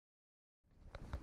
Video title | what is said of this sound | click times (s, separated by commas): Creating Easy, Perfect Circles in Wood. Using the Milescraft Circle Guide Kit Jig // Tool Review | just set the base plate in aligning the arrows give it a turn clockwise until it clicks | 0.9 s, 1.1 s